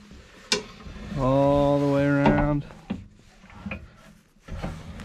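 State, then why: Not seated. A swivel seat base on a van passenger seat is lifted and rotated all the way around by hand while someone talks. A sharp knock lands near 0.5 s, a steady tonal hum sounds from about 1.2 to 2.6 s, and lighter taps follow. The clip ends before the metal swivel lock engages, so nothing has seated or clicked yet.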